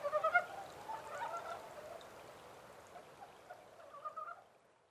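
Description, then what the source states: Japanese mountain brown frog call: a quick string of clucking pulses at the start, softer pulsing after, one more short burst, then fading to quiet. Recorded 14 April 2010 at 03:17.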